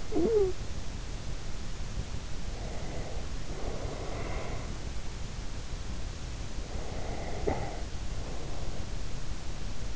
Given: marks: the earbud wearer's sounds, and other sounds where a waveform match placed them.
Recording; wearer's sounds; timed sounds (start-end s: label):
sounds in sleep by an in-ear microphone; talking in sleep, breath
0.00-0.41 s: talking in sleep
2.22-4.67 s: breath
6.86-8.81 s: breath
7.37-7.68 s: sound from someone else or the room